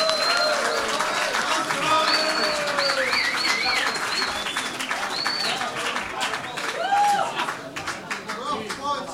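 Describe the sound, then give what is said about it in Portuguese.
A crowd at the Festival Alternativo da Canção applauds the first participant loudly and steadily, dense clapping mixed with high whoops and cheering voices throughout, swelling briefly near the end before tapering slightly. “Uma salva de palmas muito grande para o primeiro participante do Festival Alternativo da Canção.”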